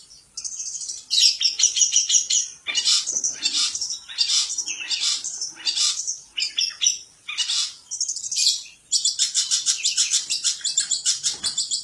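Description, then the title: Long-tailed shrike song, a dense run of scratchy, high chattering phrases with buzzy notes, delivered almost without pause and rising and falling in loudness throughout. "Cendet"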